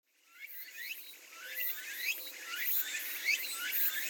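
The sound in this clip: Birds chattering in a busy chorus of overlapping rising chirps and twitters, building in loudness after a quiet start.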